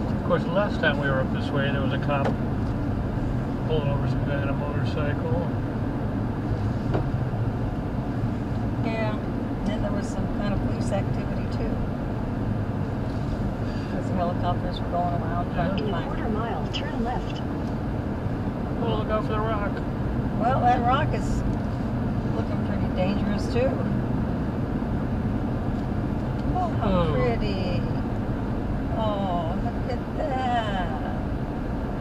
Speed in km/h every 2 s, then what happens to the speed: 61, 55, 48, 48, 48, 48, 50, 56, 56, 60, 60, 63, 61, 55, 53, 52.
1-4 brakes to 48. 4-11 steady at about 48. 11-21 speeds up to 63. 24-27 slows to 53.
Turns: none.